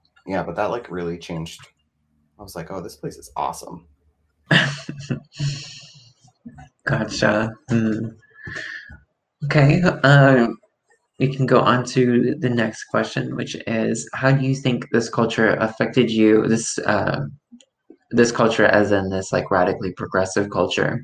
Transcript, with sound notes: Yeah, but that like really changed--I was like, oh, this place is awesome. [Laughs]
Gotcha. Okay. We can go on to the next question which is, "How do you think this culture affected you--" "This culture" as in this like, radically progressive culture.